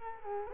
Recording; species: mosquito wingbeat signal from an infrared sensor; Culex quinquefasciatus